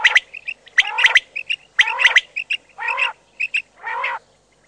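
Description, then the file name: Common quail calling: grating, drawn-out rasps alternate with pairs of short high clipped notes, roughly one phrase per second. "QUAGLIA"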